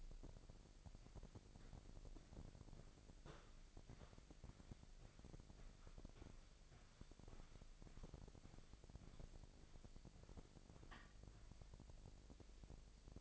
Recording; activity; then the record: daily activity, microphone in the room; walk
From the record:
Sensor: 5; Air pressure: 1001.7 hPa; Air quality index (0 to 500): 183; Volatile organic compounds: 12 ppm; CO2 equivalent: 2348 ppm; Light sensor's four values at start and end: 31/103/39/41 and 31/103/39/41